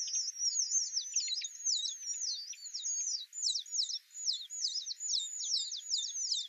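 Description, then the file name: Alpine accentor twittering song: a continuous, fast, high warble of rippling, scratchy trills with only brief dips throughout. Recorded at Norikura on 24 August 2021. "iwahibarin norikura kuroda"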